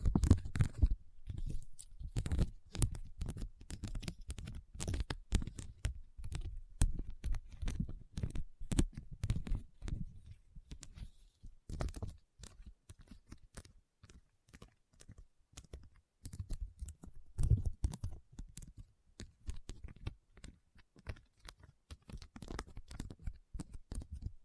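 Rhinestones are tapped and scratched in a quick, uneven patter of small clicks and scrapes that runs the whole time. The taps come densely, with short pauses near 11 and 16 seconds, and some louder bursts around 17 seconds.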